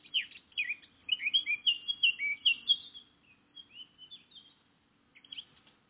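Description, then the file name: Eurasian blackcap singing a rich, fast warble of varied chattering and fluty notes, fading into a few softer phrases, then a brief restart after a pause. "Sylvia atricapilla"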